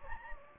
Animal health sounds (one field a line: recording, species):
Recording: mosquito wingbeat signal from an infrared sensor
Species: Anopheles gambiae